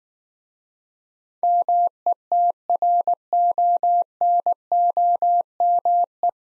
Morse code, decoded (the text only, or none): METRONOME